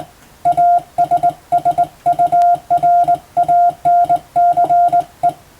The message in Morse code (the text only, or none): ASSURANCE